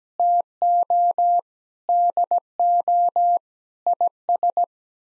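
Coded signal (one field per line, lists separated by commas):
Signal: Morse code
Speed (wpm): 17 wpm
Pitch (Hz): 700 Hz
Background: none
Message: TO DO IS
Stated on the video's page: Morse sent at 17 wpm as head-copy practice of common six-word groups, each sent, then repeated after being spoken.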